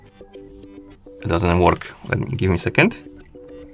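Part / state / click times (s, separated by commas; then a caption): magnetic charging cable connector onto fitness band back / not seated / none. A magnetic charging cable connector is being handled at the back of a plastic Xiaomi Redmi Smart Band 2 fitness band, which the cable wasn't seated on properly, while someone talks over a soft background tone. Nothing has seated or clicked yet; the clip ends just before the connector goes home.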